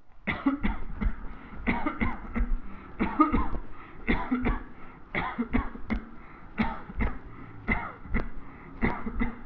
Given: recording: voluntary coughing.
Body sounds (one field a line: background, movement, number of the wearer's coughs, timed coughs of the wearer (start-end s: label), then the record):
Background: traffic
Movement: walking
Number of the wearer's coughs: 19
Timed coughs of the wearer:
0.24-0.61 s: cough
0.61-0.89 s: cough
0.89-1.31 s: cough
1.64-2.00 s: cough
1.98-2.28 s: cough
2.33-2.57 s: cough
2.98-3.31 s: cough
3.31-3.63 s: cough
4.05-4.43 s: cough
4.42-4.68 s: cough
5.12-5.51 s: cough
5.51-5.80 s: cough
5.88-6.09 s: cough
6.55-6.98 s: cough
6.98-7.19 s: cough
7.65-7.99 s: cough
8.13-8.37 s: cough
8.80-9.19 s: cough
9.19-9.44 s: cough
From the record:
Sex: male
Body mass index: 22.0 kg/m2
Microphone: on the chest, facing the body